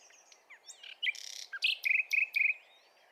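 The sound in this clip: Common nightingale singing a varied phrase of sharp chirps and slurred notes, ending in three quick bursts of rapid buzzy trills.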